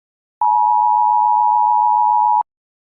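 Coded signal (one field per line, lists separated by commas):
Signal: Emergency Alert System (SAME) tones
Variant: 853 and 960 Hz attention tone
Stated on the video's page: Simulated EAS scenario alert for a fictional Santa Clara volcano.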